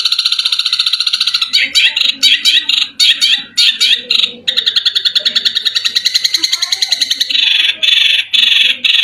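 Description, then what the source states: Long-tailed shrike song: dense, harsh chattering with rapid buzzy trills pouring out almost without pause, broken by a few brief gaps. Long-tailed shrike (cendet) song, billed as 'mewah' (premium); a masteran recording used to train other birds.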